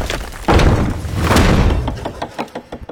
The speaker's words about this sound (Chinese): 这一头颜红纱猝不及防，一个人没拖住，石头硬生生地砸了下去。